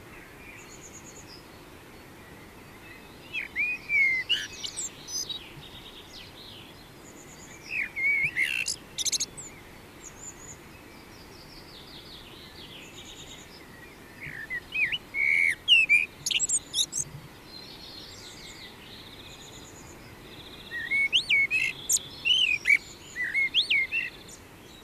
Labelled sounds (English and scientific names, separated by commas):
Common Blackbird (Turdus merula) song